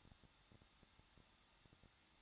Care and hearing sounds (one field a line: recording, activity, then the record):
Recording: daily activity, microphone in the room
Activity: no activity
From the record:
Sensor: 3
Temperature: 21.2 degrees Celsius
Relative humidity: 36.4%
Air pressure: 1006.4 hPa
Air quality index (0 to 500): 224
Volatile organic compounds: 44 ppm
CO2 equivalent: 3211 ppm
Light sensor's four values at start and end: 2/3/2/2 and 2/3/2/2